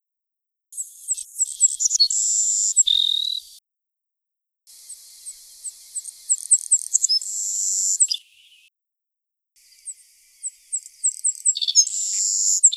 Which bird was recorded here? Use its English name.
Savannah Sparrow